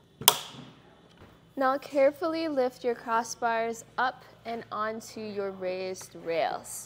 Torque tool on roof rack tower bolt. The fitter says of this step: once you reach the proper tension, you're gonna hear it click like that.